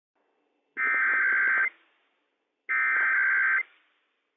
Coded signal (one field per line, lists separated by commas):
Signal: Emergency Alert System (SAME) tones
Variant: header bursts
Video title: Washington State EOC RWT - WWF56 - EAS #139 - 11:00 AM PDT 7/20/21